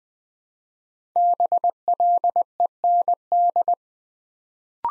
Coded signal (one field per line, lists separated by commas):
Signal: Morse code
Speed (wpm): 20 wpm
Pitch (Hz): 700 Hz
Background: none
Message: BLEND